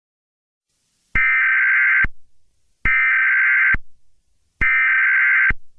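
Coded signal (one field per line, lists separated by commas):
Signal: Emergency Alert System (SAME) tones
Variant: header bursts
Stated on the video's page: Fictional EAS scenario about a serial killer.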